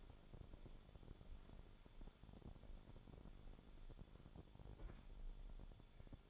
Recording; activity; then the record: daily activity, microphone in the room; walk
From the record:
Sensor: 5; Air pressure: 1015.4 hPa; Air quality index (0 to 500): 174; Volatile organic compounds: 6 ppm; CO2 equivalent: 1891 ppm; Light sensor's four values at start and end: 38/88/35/35 and 38/87/35/35